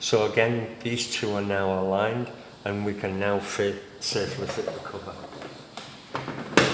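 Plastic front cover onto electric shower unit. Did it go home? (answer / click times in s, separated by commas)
yes / 6.6 s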